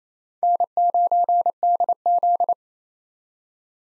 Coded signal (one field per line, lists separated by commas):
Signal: Morse code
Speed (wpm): 28 wpm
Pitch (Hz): 700 Hz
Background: none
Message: N9DZ